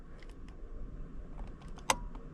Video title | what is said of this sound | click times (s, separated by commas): How To Install Your 10-14 Mustang Steering Wheel | And a little click. | 1.9 s